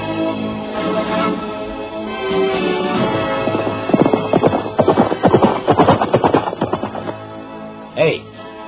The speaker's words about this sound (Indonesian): Tangannya kemudian bergerak menyentakkan tali kekang kudanya. Nila Ambara melompat tinggi. Dan sebentar kemudian, kuda itu pun sudah berlari kencang menerobos barisan.